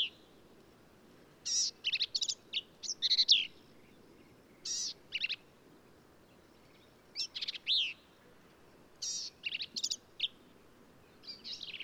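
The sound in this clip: Black-capped vireo song: rapid bursts of squeaky, varied high notes in clusters, with brief silences and a faint low hiss.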